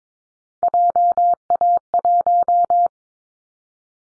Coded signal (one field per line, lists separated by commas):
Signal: Morse code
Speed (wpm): 22 wpm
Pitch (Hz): 700 Hz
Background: none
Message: JA1